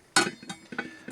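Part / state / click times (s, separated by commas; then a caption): folding handle on a camping cook pot / seated / 0.2 s. The folding handle of a small metal camping cook pot is swung out and locks into place with a sharp metallic clink at 0.2 s. Fainter metallic clinks and taps follow around 0.5, 0.8, 1.1 and 1.2 s. The handle is locked in position.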